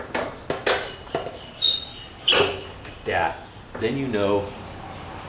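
A mitre saw table is swung back so its turntable snaps into place at the zero-degree detent, the square position. A few knocks come at about 0.2, 0.5 and 1.2 s, then a loud, sharp snap at 2.3 s as the table seats at zero, and someone talks.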